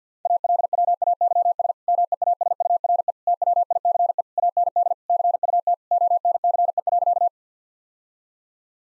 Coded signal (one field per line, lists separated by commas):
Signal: Morse code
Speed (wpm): 50 wpm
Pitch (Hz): 700 Hz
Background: none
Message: ALWAYS MEASURE TWICE AND CUT ONCE.